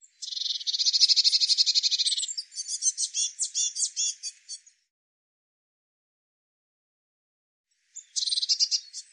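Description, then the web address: Eurasian blue tit scolding: a long even buzzy churr breaking into scratchy chattering notes, silence for several seconds, then a short churr at the end. Recording cleaned and normalized. "cianscape birddata Deverinetal 2025 File cleaned normalized Bird Cy Ca"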